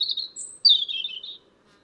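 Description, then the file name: European robin song fragment: a short warble, a high thin whistle, then a sliding, falling trill. "Erithacus rubecula"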